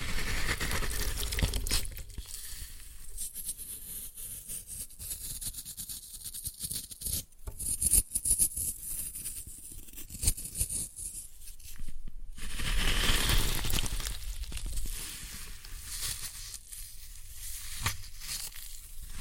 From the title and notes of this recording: Floral Foam Glitter Bomb Crushing.